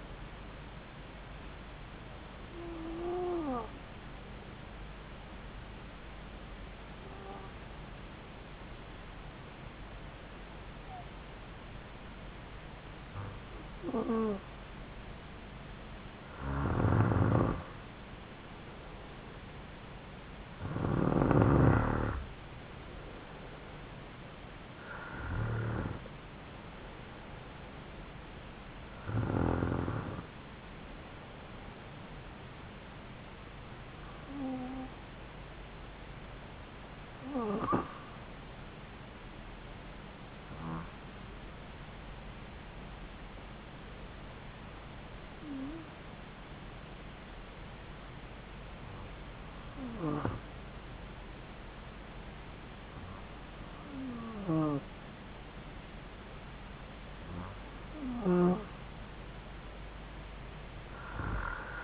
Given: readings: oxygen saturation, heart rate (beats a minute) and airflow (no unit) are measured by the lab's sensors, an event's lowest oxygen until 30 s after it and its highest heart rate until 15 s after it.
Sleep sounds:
breathing in sleep by a voice recorder at the bedside; 2
5.00-20.00 s: hypopnea (N2, oxygen 95% highest, then 92% lowest)
32.00-57.60 s: hypopnea (N2, oxygen 96% highest, then 93% lowest)
From the record:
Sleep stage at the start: N2 (light sleep); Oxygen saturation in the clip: 92 to 96%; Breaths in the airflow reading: 14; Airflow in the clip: -3.8 to 3.7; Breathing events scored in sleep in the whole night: 270 in 6.1 hours asleep

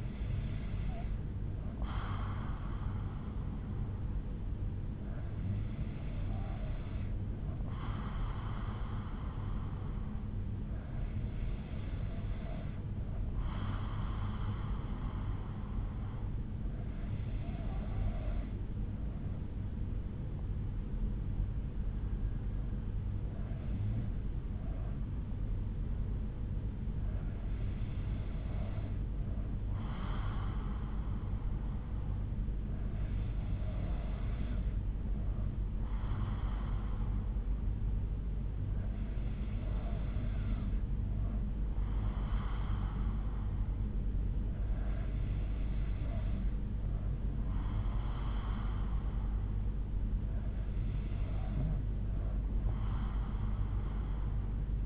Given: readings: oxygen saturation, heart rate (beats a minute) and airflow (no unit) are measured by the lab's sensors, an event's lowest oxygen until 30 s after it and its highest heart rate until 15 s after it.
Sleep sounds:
breathing in sleep by a smartphone at the bedside; none
none scored
From the record:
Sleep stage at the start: N3 (deep sleep); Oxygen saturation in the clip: 93 to 94%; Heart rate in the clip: 60 to 64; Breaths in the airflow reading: 10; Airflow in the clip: -5.0 to 3.4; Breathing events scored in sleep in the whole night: 368 in 8.0 hours asleep

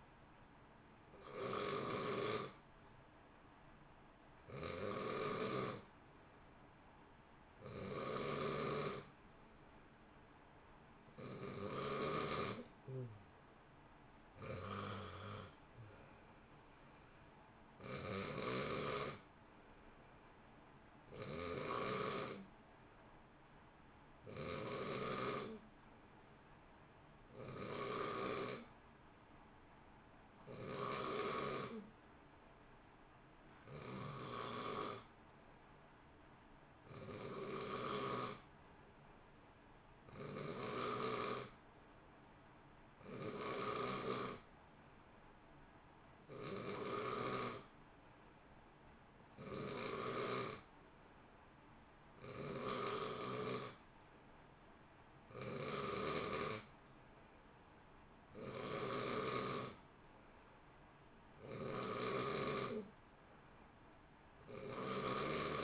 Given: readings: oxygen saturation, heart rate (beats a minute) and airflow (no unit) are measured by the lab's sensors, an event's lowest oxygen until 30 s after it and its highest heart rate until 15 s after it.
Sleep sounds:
breathing in sleep by a voice recorder at the bedside; none
none scored
From the record:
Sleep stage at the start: N2 (light sleep); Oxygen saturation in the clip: 90 to 92%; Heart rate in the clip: 55 to 66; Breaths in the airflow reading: 26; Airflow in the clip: -0.8 to 1.0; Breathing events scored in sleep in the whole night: 328 in 6.3 hours asleep

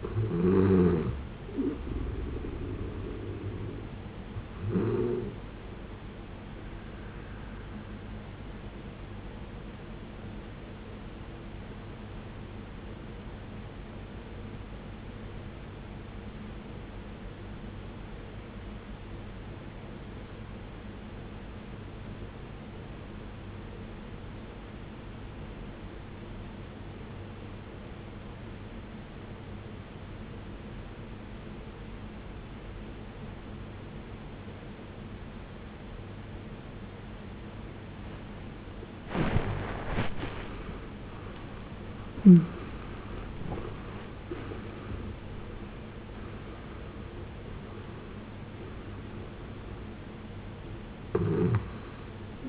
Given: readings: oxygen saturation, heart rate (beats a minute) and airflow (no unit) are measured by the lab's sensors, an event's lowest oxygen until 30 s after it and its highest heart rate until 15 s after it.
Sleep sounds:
a person awake in a sleep study, by a voice recorder at the bedside; 1
16.00-40.60 s: obstructive apnea (N1, oxygen 94% highest, then 75% lowest, heart rate 54 at the start, 81 highest)
17.00-47.00 s: new sleep stage, awake
28.00-52.49 s: awake
47.00-52.49 s: new sleep stage, N2 (light sleep)
From the record:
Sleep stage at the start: N1 (lightest sleep); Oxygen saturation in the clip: 76 to 94%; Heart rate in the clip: 52 to 81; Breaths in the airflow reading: 7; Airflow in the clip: -18.9 to 20.6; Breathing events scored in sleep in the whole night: 389 in 6.3 hours asleep

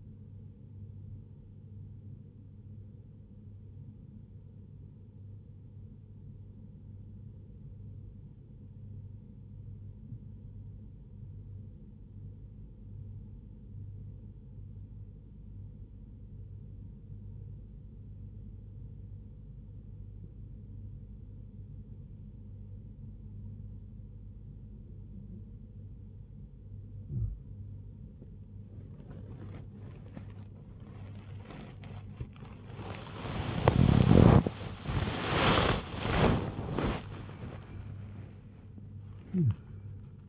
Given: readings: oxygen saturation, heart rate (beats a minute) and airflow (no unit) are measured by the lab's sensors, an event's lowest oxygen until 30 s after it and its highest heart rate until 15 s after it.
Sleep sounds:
a person awake in a sleep study, by a smartphone at the bedside; 1
8.00-28.50 s: hypopnea (REM, oxygen 93% highest, then 92% lowest, heart rate 76 at the start, 96 highest)
17.00-40.29 s: new sleep stage, awake
From the record:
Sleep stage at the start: REM sleep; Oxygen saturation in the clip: 92 to 93%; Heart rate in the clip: 75 to 95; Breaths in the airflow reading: 9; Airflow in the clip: -6.7 to 4.9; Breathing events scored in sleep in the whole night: 158 in 7.3 hours asleep

